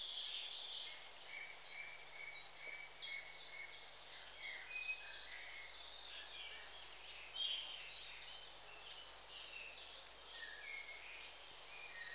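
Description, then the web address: Long-tailed tits calling continuously: thin high trills and short buzzy sputtering notes, interspersed with lower chirps, over soft steady hiss. "The BBC Sound Effects Library. Long Tailed TIT"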